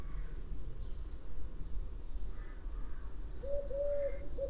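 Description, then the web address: Bird calling, with faint scattered high notes and then a clearer run of short, even coo-like notes near the end, all over a heavy low rumble. "Deverinetal. Bird Only"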